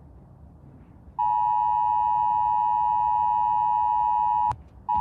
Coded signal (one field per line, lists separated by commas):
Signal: Emergency Alert System (SAME) tones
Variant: 853 and 960 Hz attention tone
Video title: Rating eas alarms part 1 (super bad)